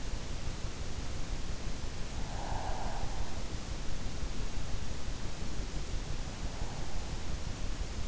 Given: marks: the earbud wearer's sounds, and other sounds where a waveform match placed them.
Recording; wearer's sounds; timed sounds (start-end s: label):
sounds in sleep by an in-ear microphone; breath
2.00-3.83 s: breath